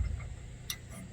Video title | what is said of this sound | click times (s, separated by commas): 2022 Mid Atlantic Overland Festival | left I'm going to move to the first click | 0.7 s